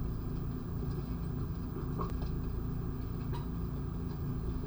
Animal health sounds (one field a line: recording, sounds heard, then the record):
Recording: poultry house recording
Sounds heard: sick chickens (respiratory disease)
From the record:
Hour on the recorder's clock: 3